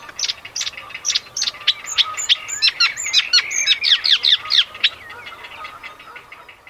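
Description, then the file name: Eurasian reed warbler song, chattering notes with slurred, whistled phrases mixed in, growing busier midway and then fading to quiet near the end. "reedwarbler"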